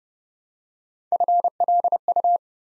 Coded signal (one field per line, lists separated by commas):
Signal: Morse code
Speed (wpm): 30 wpm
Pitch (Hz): 700 Hz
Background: none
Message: FLU